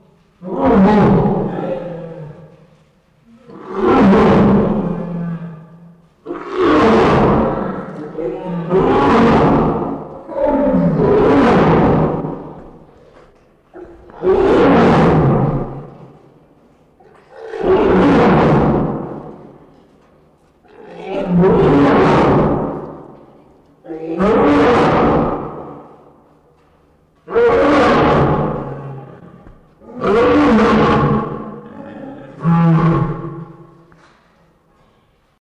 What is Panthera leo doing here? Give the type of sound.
call